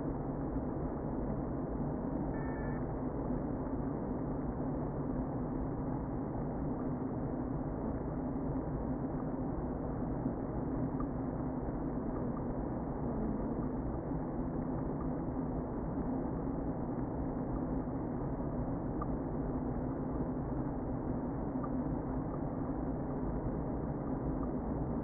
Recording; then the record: honeybee colony, microphone inside the hive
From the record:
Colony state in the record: queen present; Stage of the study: before two queens were removed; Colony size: about 60,000 bees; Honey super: yes